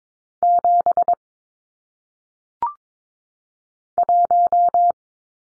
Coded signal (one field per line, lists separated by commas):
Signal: Morse code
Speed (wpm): 22 wpm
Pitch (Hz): 700 Hz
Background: none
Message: 7 1